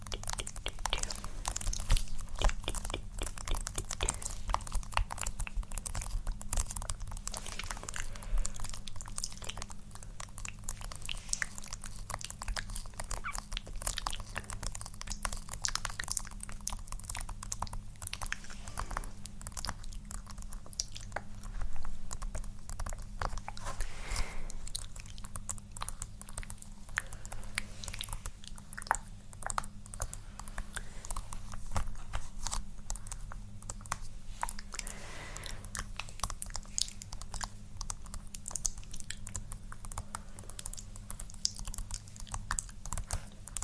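Layered mouth sounds with tapping and scratching run the full length: a dense, steady stream of quick clicks and crisp scratches over a constant low hum. The texture stays busy and even, with brief softer dips near 24 and 35 seconds.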